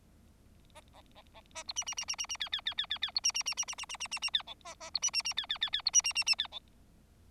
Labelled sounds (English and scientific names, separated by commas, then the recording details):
Bengalese Finch (Lonchura striata domestica) song
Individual Bird4